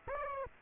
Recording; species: mosquito wingbeat signal from an infrared sensor; Aedes aegypti